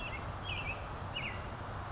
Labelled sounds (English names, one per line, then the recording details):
American Robin
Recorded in Sonoma County, California